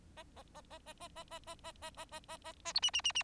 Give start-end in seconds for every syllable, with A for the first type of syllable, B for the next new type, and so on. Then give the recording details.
0.17-0.23 A, 0.36-0.43 A, 0.54-0.61 A, 0.70-0.79 A, 0.86-0.93 A, 1.00-1.08 A, 1.16-1.24 A, 1.30-1.39 A, 1.47-1.55 A, 1.64-1.72 A, 1.82-1.90 A, 1.97-2.05 A, 2.11-2.20 A, 2.28-2.37 A, 2.44-2.53 A, 2.65-2.73 A, 2.75-2.80 B, 2.82-2.90 C, 2.93-3.02 C, 3.04-3.12 C, 3.15-3.23 C. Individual Bird4